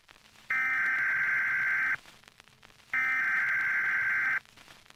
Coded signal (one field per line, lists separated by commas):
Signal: Emergency Alert System (SAME) tones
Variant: header bursts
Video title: Creeternity - An EAS Alert